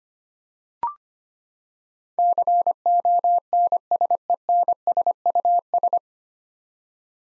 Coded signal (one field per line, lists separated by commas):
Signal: Morse code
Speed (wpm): 25 wpm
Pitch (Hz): 700 Hz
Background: none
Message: CONSENSUS